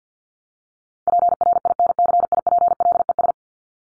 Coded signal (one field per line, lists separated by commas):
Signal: Morse code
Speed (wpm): 48 wpm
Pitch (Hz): 700 Hz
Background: none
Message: PRINCIPLES